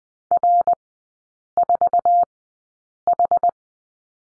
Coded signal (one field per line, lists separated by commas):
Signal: Morse code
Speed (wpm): 20 wpm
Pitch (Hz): 700 Hz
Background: none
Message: R4H